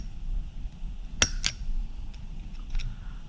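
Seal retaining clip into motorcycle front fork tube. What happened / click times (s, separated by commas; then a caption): The retaining clip snapped into its groove / 1.2 s. The seal retaining clip is pressed into the groove of the front fork tube on a Suzuki Thunder 250, working the other side of the ring the same way as the first. A sharp metallic snap at 1.2 s marks the clip seating fully, followed by a second lighter click shortly after and faint taps over a low background hum.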